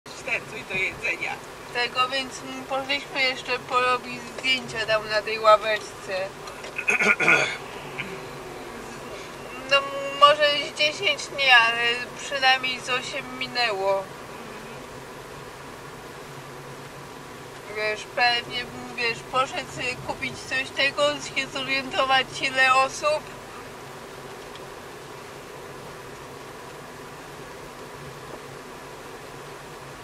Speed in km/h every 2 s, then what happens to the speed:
47, 46, 45, 46, 47, 49, 48, 46, 44, 43, 41, 45, 46, 46, 46.
0-12 steady at about 47. 12-19 slows to 41. 19-30 steady at about 46.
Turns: none.